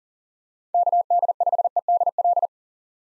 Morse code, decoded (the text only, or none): KD5EDL